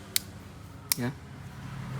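A plastic back cover (mid-frame cover) is pressed onto the frame of an Oppo A53 smartphone fitted with a new LCD, replacing a cracked one. A sharp click sounds at 0.2 s as the clips snap home and the cover is seated, followed by a second click near 0.9 s. Someone talks briefly around 1.0 s.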